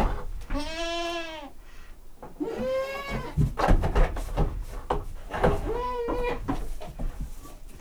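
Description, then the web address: Goat giving three loud bleats, with knocking noises between them. Domestic goat in a farmyard. "allathangok parasztudvar hazikecske kecske"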